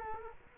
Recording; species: mosquito wingbeat signal from an infrared sensor; Culex quinquefasciatus